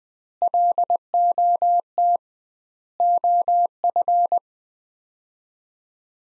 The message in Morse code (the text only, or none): LOT OF